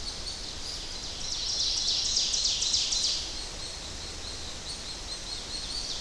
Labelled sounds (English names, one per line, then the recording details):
Ovenbird song
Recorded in boreal forest in Alberta, Canada, on 10 June 2016 at 08:57
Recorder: SongMeter 3, array SBT-3-39
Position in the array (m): 270 m, 158 m
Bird 19